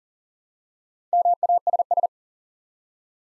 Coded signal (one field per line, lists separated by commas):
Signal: Morse code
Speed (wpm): 38 wpm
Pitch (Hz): 700 Hz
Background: none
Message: MASS